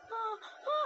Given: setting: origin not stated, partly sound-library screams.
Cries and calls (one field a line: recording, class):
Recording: one-second piece from a danger detection set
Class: woman in danger